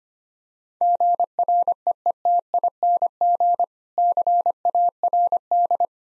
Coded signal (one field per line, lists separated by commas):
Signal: Morse code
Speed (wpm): 25 wpm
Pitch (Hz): 700 Hz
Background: none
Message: GREETING CARD